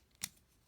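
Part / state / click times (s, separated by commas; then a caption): fold-out wheel piece into the toy robot's body / seated / 0.2 s. While transforming a plastic Transformers Bumblebee action figure from the Target Exclusive Bumblebee Cassette Pack, the fold-out wheel piece is moved and snaps back into its stowed position in the toy robot's body. A faint tick at 0.1 s is followed by a sharp plastic click at 0.2 s. The wheel piece is seated back in its folded position.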